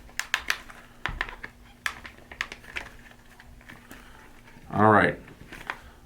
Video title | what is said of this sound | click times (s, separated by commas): Carbon ZERO Goggle Overview // NEW Paintball Mask from Carbon Paintball! | all right guys so it's snapped into place there | 0.2 s, 0.3 s, 1.1 s, 1.9 s